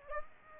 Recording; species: mosquito wingbeat signal from an infrared sensor; Aedes aegypti